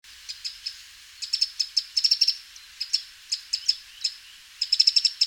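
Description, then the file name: Eurasian wren calls: sharp dry ticks in short irregular bursts, some quickened into brief rattles near two and five seconds. "Troglodytes troglodytes"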